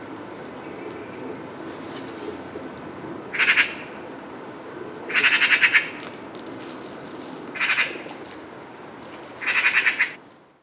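Magpie giving four separate bursts of harsh, rattling chatter, each a quick string of rasping notes, spaced a few seconds apart over soft background hiss.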